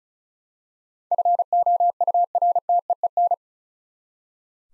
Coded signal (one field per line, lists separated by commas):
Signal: Morse code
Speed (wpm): 34 wpm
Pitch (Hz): 700 Hz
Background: none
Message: FOURTEEN